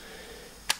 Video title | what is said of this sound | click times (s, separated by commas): UV-3R+ Plus comparison | the knob on top so it locks in place | 0.7 s